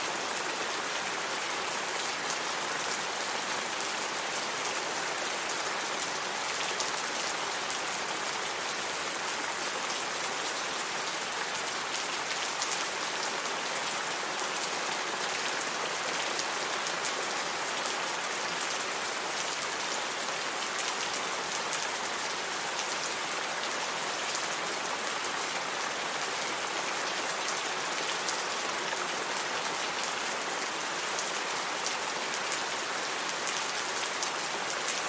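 Steady rain falls throughout, a dense, even hiss with countless fine drops pattering on a surface. The sound stays bright and constant from start to finish, with little low rumble and no distinct events or background noises.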